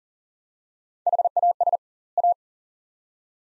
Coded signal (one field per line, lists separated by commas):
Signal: Morse code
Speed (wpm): 40 wpm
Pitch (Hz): 700 Hz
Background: none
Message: HAS A